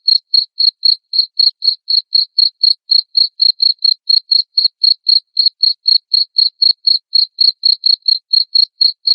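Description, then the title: Cricket giving a loud, regular chirp, rapid pulses about four each second running without pause, no other sounds. Loud cricket chirping played to make lovebirds sing continuously. "Suara JANGKRIK NGERIK Keras Bikin LOVEBIRD Jadi NGEKEK Terus"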